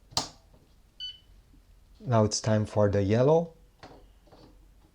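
A black ink cartridge is placed top first into the carriage of a Canon Pixma TR8620a/TR8622 inkjet printer, left to sit, then pressed down with a finger until it clicks home at 0.2 s. A short electronic beep follows at about 1.0 s, and then someone talks. The cartridge is seated.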